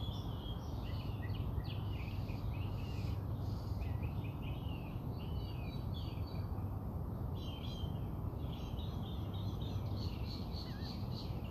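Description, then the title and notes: Birds singing, a jumble of high chirps and twittering phrases throughout, with continuous low background noise. Recorded outside the narrator's house. "Bird Songs Part Two. More bird songs outside my house"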